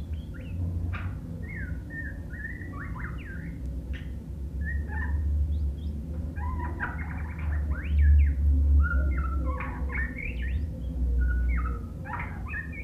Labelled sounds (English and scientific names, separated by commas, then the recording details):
White-rumped Shama (Copsychus malabaricus) song
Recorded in captivity
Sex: male
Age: adult
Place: Hannover, Niedersachsen, DE
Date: 1967-12-25
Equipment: Hornyphon Bandgerät, Phillips Mikrofon Type EL 6020
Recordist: Lütgens, Hans
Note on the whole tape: Verschiedene Aufnahmen im Zeitraum von 25.12.1967 bis 05.01.1968. Aufnahmen im Haus von Lütgens in Hannover entstanden